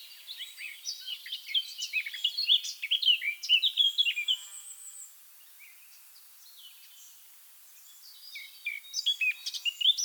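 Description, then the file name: Eurasian blackcap song, a lively warble of chirps and fluty whistles for about five seconds, then silence before another loud whistled phrase begins. "Sylvia atricapilla"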